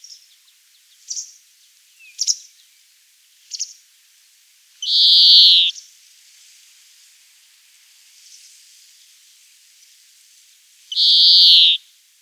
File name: Chloris chloris